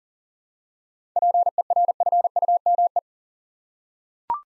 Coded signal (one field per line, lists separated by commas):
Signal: Morse code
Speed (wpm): 40 wpm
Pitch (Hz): 700 Hz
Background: none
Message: PERFUME